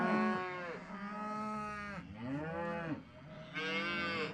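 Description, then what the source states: Cows lowing in tonal moos with swooping, arching pitch, with breathy sounds under the calls. Cows breathing on the microphone.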